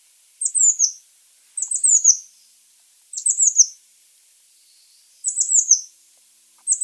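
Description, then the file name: Eurasian blue tit calling with clusters of high, thin, downslurred notes in several short phrases with pauses between. "Cyanistes caeruleus"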